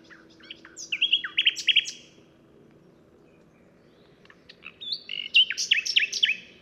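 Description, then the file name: Common nightingale song: two rich phrases of loud, sweeping whistled notes and chirps with a quiet gap between them. "Luscinia megarhynchos"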